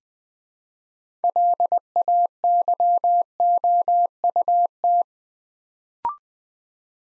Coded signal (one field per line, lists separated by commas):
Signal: Morse code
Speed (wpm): 20 wpm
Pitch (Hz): 700 Hz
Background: none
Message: LAYOUT